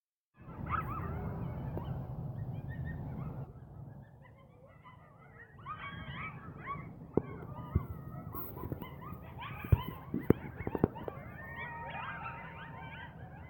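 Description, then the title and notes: Coyote chorus of quavering howls and rapid excited yips, starting after a brief silence, with a low hum underneath and a few sharp clicks later on. More than one coyote, in a yard, recorded January 31. "Coyotes in my yard - Jan 31 by Heather Schlegel"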